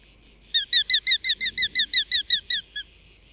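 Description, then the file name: Eurasian hobby delivering a rapid chain of many shrill, downslurred kew notes. "Larkfalk"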